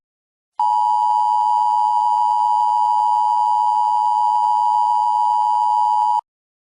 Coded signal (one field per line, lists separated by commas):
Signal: Emergency Alert System (SAME) tones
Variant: 853 and 960 Hz attention tone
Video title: EAS Scenario - ISIS Invades America, Part 1